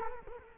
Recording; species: mosquito wingbeat signal from an infrared sensor; Culex quinquefasciatus